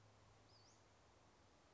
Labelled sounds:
Western Flycatcher (Empidonax difficilis)
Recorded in Sonoma County, California

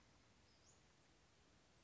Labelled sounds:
Western Flycatcher (Empidonax difficilis)
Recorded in Sonoma County, California

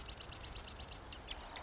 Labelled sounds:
Marsh Wren (Cistothorus palustris)
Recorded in Sonoma County, California

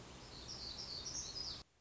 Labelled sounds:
Black-throated Gray Warbler (Setophaga nigrescens)
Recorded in Sonoma County, California

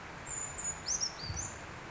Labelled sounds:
Brown Creeper (Certhia americana)
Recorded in Sonoma County, California

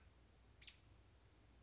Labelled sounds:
American Robin (Turdus migratorius)
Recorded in Sonoma County, California

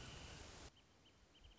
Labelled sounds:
Wrentit (Chamaea fasciata)
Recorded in Sonoma County, California

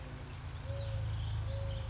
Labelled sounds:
Mourning Dove (Zenaida macroura)
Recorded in Sonoma County, California

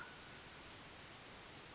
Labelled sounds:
California Towhee (Melozone crissalis)
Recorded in Sonoma County, California

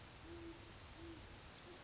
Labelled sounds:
Great Horned Owl (Bubo virginianus)
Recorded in Sonoma County, California

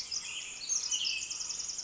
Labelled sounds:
Pacific Wren (Troglodytes pacificus)
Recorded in Sonoma County, California

